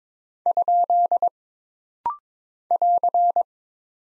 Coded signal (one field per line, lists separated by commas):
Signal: Morse code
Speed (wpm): 22 wpm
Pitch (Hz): 700 Hz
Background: none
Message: ? <AR>